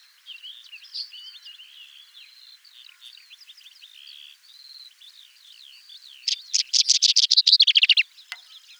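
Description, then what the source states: Whinchat song: a steady backdrop of thin twittering and slurred notes, then a loud, rapid burst of scratchy repeated notes near the end before it stops abruptly. Recorded at Raisting on 1 May 2014.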